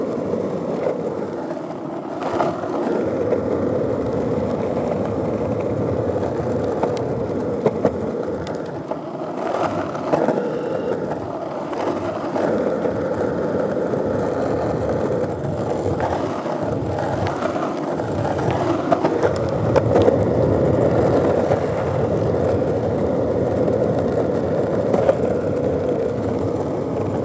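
Wheels roll steadily along a fairly smooth path, a continuous low-to-mid rumble that holds at an even level for the whole stretch. Small clicks and snaps pop up now and then, around ten, seventeen, twenty and twenty-five seconds, over a soft breezy hiss.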